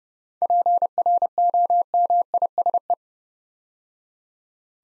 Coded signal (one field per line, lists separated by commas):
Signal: Morse code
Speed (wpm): 30 wpm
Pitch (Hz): 700 Hz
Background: none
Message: PROMISE